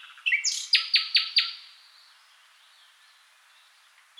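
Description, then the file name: Common nightingale song: a short phrase of a few opening notes and four loud, evenly repeated sharp notes, then near silence. "Nachtigall"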